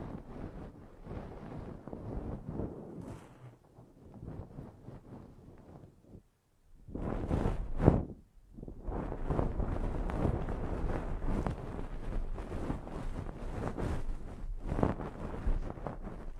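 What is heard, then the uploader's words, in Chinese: Ear-cleaning ASMR with dense scratching and rustling against the microphone, like wind buffeting it. The first six seconds stay soft and patchy, then a near-silent pause gives way to a louder sweep around seven to eight seconds and steady, busier scraping to the end. 8D掏耳朵！360° 环绕触发。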